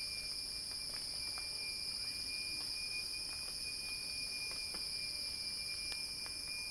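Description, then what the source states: An even, shrill cicada hiss runs without a break, a steady thin tone and a handful of small clicks beneath it. Cicadas heard in a crescendo.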